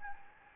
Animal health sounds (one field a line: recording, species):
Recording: mosquito wingbeat signal from an infrared sensor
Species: Anopheles gambiae